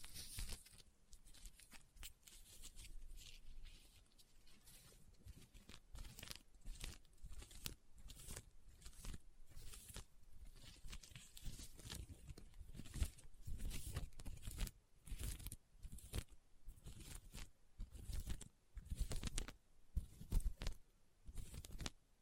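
Leather is tapped and scratched in an irregular stream of short, dry knocks and rubs, several each second, with brief denser scratching bursts. The hits land with a soft low thump under a crisp rasp, and small gaps of near silence fall between clusters.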